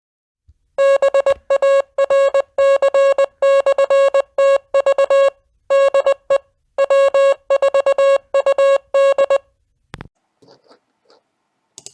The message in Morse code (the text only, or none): BARC/TV DE W4UD